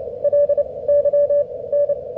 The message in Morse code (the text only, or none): LYN